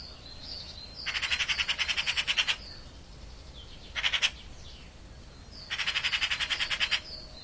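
Bird giving rapid buzzy trills of evenly pulsed notes in three bursts, the middle one much shorter, over steady background hiss.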